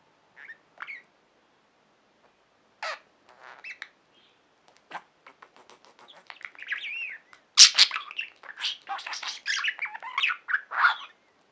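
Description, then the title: Budgerigar chatter: sparse chirps and clicks early, then a busy stretch of squeaky warbling, harsh squawks and rapid clicking notes toward the end. "Budgie Sounds"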